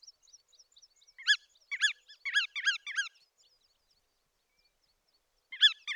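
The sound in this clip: Bar-tailed godwit calls: short nasal, harmonic notes, a few single ones then a quick cluster of several, a pause, and another note near the end.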